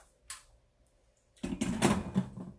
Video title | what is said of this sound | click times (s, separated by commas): Unboxing & Getting Started With Instant Pot | gonna put the cover on the cover just locks in place | 0.3 s